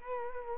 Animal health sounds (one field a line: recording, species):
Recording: mosquito wingbeat signal from an infrared sensor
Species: Culex quinquefasciatus